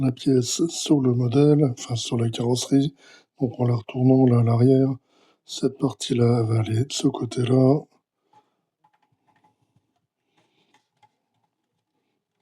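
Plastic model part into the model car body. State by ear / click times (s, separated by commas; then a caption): not seated / none. Someone talks for about the first 8 seconds while holding a plastic rear part of a 1:8 scale Corvette StingRay model car against the body shell. This is followed by a few faint, soft handling ticks up to about 11 s. Nothing has seated or clicked yet; the part is not yet home.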